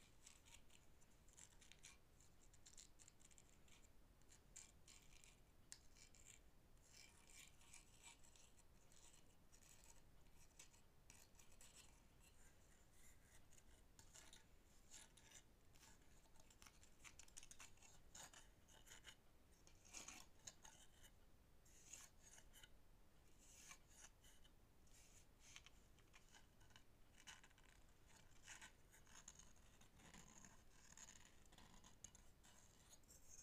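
Wooden objects scratched and tapped in a steady, dense run of dry rasping strokes and quick clicks, bright and continuous for the whole stretch.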